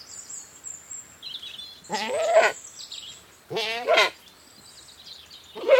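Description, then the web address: Saanen goat bleating twice, then starting a third bleat at the very end, each bleat a wavering, nasal cry under a second long, while small birds sing thin high phrases in the background. British Saanen goat, outdoors, bleating, with some birdsong. "BBC. British Saanen Goat, exterior, bleating, with some birdsong"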